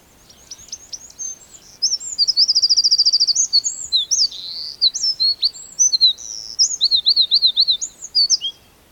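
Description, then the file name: Eurasian wren singing: a loud, very high, fast outpouring of sharp notes and rattling trills that runs about seven seconds without a break. "Troglodytes troglodytes"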